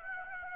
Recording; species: mosquito wingbeat signal from an infrared sensor; Aedes aegypti